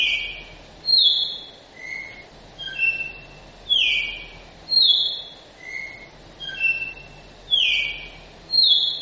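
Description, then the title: Red-cowled cardinal song: clear whistled phrases of several notes at different pitches, repeated in a steady cycle, with a faint low hum underneath. Female red-cowled cardinal; young bird; song style called Flauta 4 x 4. "Canto Galo Campina Fêmea 01. Galo de Campina Novo ( Flauta 4 x 4 )"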